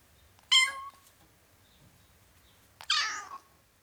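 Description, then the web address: Domestic cat: kitten meowing: two short, high-pitched, harmonic meows about two seconds apart, the second slightly longer and falling at the end; otherwise quiet. Ten-week-old kitten, meowing. "BBC Sound Effects Library. Ten Week Old Kitten, Meowing"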